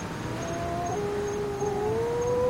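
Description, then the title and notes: Wedge-tailed shearwater wails: a higher moan followed by a lower one that slowly rises and grows louder toward the end. Three wedge-tailed shearwaters, calling while said to be mourning the loss of their partners. "Wedge tailed shearwater tragedy. 3 wedge tailed shearwaters mourn the loss of their partners"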